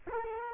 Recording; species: mosquito wingbeat signal from an infrared sensor; Culex quinquefasciatus